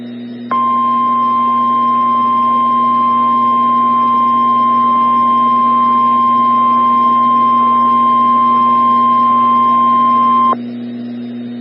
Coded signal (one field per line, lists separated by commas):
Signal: Emergency Alert System (SAME) tones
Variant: 1050 Hz attention tone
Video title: Tornado Warning (EAS #411)